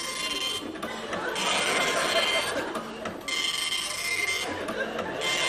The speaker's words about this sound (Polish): O, poszło? U mnie poszło. Długo się drukuje. Stara drukarka. Stara drukarka.